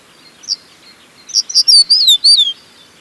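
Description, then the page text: Crested bunting singing a short phrase: one sharp lead-in note, a pause, then a rapid run of clear, swooping whistled notes that finish with a downward slur. "Crested Bunting Song. Quick Sounds"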